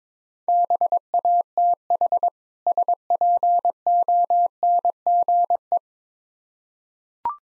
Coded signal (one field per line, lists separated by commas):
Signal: Morse code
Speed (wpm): 22 wpm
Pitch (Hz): 700 Hz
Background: none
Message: BATH SPONGE